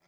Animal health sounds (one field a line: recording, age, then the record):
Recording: pig call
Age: piglet (1 to 25 days)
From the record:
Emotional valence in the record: positive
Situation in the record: short reunion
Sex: female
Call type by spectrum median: low-frequency call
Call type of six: low-frequency tonal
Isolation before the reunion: 3 minutes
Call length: 0.08 s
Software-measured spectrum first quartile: 586 Hz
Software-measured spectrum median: 1595 Hz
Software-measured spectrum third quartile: 3808 Hz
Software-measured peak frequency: 164 Hz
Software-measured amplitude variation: 44 dB a second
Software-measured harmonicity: -1.1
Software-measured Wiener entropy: -1.20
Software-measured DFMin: 562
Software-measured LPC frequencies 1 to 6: 684, 1489, 2166, 3382, 4957, 6280 Hz